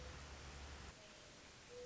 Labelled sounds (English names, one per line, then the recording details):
Mourning Dove
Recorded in Sonoma County, California